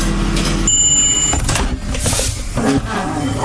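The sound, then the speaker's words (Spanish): A microwave oven runs with a steady, loud electric hum and whirring, joined briefly by a thin high-pitched whine early on before the droning settles back in. “Tengo microondas.”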